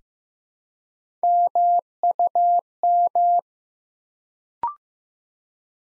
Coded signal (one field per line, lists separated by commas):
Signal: Morse code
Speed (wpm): 15 wpm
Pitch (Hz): 700 Hz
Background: none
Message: MUM